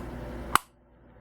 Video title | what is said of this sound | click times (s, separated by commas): Blue Sky 1501 Towa Bobbin Tension Gauge | I know it's locked in place just like | 0.5 s